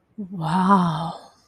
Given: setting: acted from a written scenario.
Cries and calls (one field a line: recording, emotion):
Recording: vocal sound without words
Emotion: romantic love